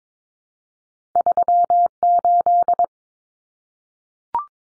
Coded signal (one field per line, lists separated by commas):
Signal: Morse code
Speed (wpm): 22 wpm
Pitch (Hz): 700 Hz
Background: none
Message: 38